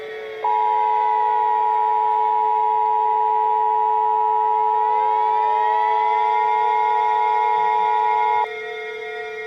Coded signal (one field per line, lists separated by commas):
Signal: Emergency Alert System (SAME) tones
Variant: 853 and 960 Hz attention tone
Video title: EAS Scenario - An Abundance of Pokèballs (300 SUBSCRIBER SPECIAL)